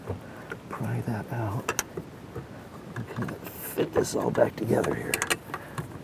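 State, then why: Seated. Someone talks while fitting the plastic body of an RV holding-tank drain gate valve back together after prying new seals into it. Handling noises build to two sharp snaps at 5.5 and 5.8 seconds as the housing seats into place.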